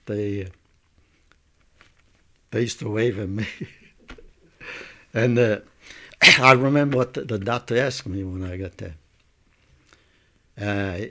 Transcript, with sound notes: They, they used to wave at me. (laughs) And I remember what the, the doctor asked me when I got there.